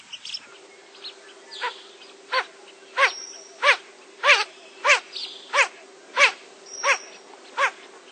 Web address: cotor. Blue-winged Teal